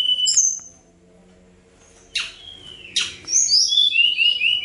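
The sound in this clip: Bird gives a short high whistle, two harsh downward buzzes, then a string of quick descending whistled notes.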